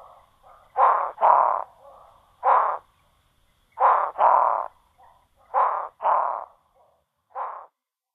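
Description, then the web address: Barking frog calling with abrupt, hoarse barks, often doubled, interspersed with fainter muttering notes. North America. "Songs of Frogs Toads of North America. Barking Frog"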